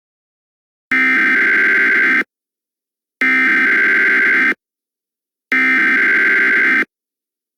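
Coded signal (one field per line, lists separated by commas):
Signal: Emergency Alert System (SAME) tones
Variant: header bursts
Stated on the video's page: Fictional EAS scenario, a simulated alert.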